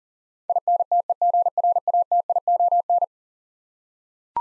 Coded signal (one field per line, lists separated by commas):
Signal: Morse code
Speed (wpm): 40 wpm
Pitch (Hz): 700 Hz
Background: none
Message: INTEGRATION